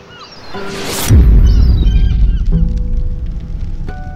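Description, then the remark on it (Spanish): Harsh, squawking seagull cries ring out repeatedly as the gulls fly over a bay at sea, while a sudden rush of noise gives way to a loud, deep rumble that continues beneath the calls. “Allí pasábamos el tiempo mirando la bahía y el vuelo de las gaviotas en el mar.”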